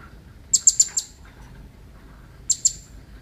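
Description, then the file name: Blue-crowned hanging parrot calls, a quick run of four high, thin chirps, a pause, then two more. Female. "suara betina serindit"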